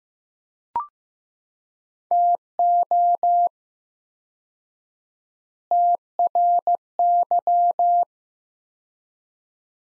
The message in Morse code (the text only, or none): TO TRY